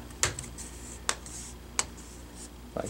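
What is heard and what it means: A plastic screen bezel on a Toshiba CB35-B3330/CB35-B3340 Chromebook display lid is pried up and out around the screen with fingertips or fingernails. Sharp snaps at 0.2, 1.1 and 1.8 s are its retaining clips popping loose, with a softer knock near 2.8 s. The bezel clips release and the bezel comes free.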